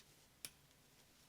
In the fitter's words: Also snaps into place.